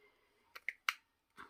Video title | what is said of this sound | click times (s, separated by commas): Kitting up. Ocean, stars, sky and you. DAC | I'm going to make sure it clicks in. There you go. It's quite a tight click, | 0.7 s, 0.9 s